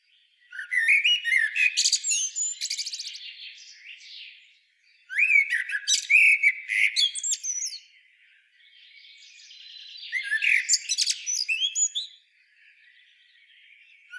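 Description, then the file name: Common blackbird song in three separate phrases, each a fluty warble that ends in squeaky high twittering. "Turdus merula"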